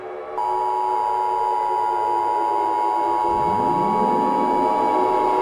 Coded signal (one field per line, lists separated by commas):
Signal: Emergency Alert System (SAME) tones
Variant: 853 and 960 Hz attention tone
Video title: Rhadophobia Part 1: The Beginning (EAS Scenario)